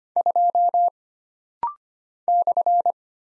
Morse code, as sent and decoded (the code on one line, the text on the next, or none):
..--- / -..-.
2 /